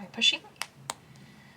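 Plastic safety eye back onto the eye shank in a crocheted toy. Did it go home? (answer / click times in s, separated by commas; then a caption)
yes / 0.6 s, 0.9 s. A plastic washer back is pushed onto the shank of a plastic safety eye through the crocheted fabric of a toy duck's head. Someone talks at the start, then two sharp clicks at 0.6 s and 0.9 s mark the backs snapping into place.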